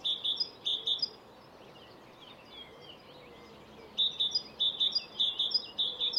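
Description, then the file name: Great tit sounding clear, high paired notes in a quick series, a pause with faint soft twittering, then a longer run of the same phrase. "Parus major"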